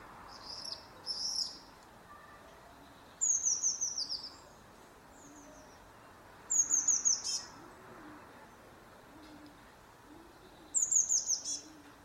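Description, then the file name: Eurasian blue tit giving short bursts of rapid, high, thin notes every few seconds, with soft low hooting notes repeating underneath. "Cyanistes caeruleus"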